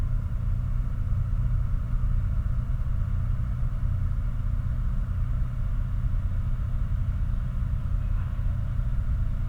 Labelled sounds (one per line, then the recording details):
machinery
flare stack
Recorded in the Prudhoe Bay oil fields, Alaska, on 16 August 2019 at 01:28
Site 29